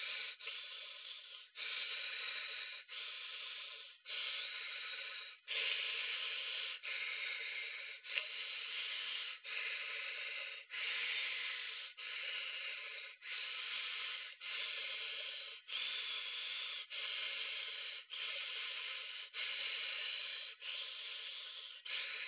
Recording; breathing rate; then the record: paced breathing near a phone; 24 breaths a minute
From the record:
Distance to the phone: 20 cm